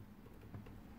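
A plastic locking clip is pushed onto a push-fit water tube fitting on a water ionizer line, over a steady low background hum. Two short clicks are heard at about 0.5 s and 0.7 s as the clip snaps on. The clip is seated and holds the tube snug.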